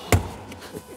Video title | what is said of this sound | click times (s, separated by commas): YITA MOTOR FLOORMATS REVIEW AND INSTALL 2015 - 2024 FORD F150 TRUCK YITAMOTOR FLOOR MATS | and they snap right into the factory clips | 0.1 s